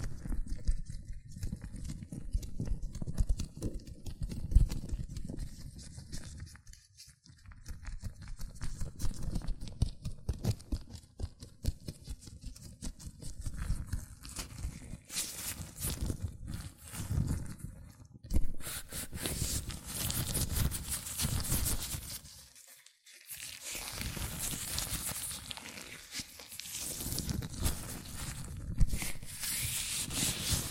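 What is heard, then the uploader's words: Latex gloves rub and squeak against hands in a dense, scratchy texture, with low rubbing through the first fifteen seconds. After that the sound turns brighter and hissier in bursts, broken by short pauses near 7, 11 and 23 seconds. ASMR Latex Gloves Hand Sounds (No Talking).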